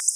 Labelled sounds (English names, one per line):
Black-throated Blue Warbler flight call